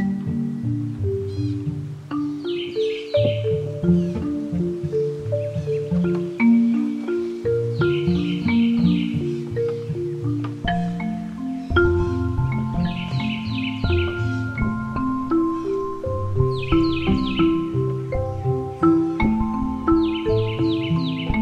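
Bird calls ring out in the cypress swamp of Lettuce Lakes at Corkscrew, a quick bright burst of a few notes about every four to five seconds. Beneath them runs a continuous low, tonal layer whose pitches step and shift steadily throughout.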